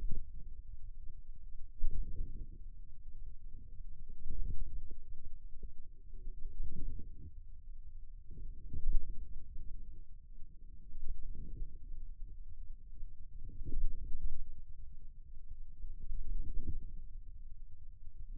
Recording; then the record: forearm muscle sounds (acoustic myography)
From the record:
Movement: wrist flexion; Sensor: system 2, bracelet of six BSWA MPA416 microphones around the upper forearm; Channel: 1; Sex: male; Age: 22 years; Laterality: right